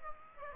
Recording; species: mosquito wingbeat signal from an infrared sensor; Aedes aegypti